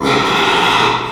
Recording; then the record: squeal of a Yucatan mini pig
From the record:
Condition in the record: after surgery on the right vocal fold (resection and tissue-engineered implant); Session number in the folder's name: 1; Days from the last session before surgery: 6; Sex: male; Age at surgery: 12 weeks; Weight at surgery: 13 kg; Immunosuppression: cyclosporine, prednisolone